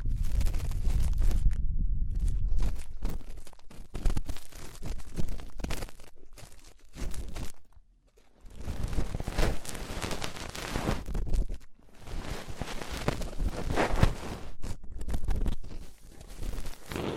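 Ear cleaning sounds: dense, scratchy rustling and crinkling that comes in rapid bursts and textured strokes, with a low rumbling thump early on. Short silent gaps break the scraping near two, eight and twelve seconds before the crackly friction resumes.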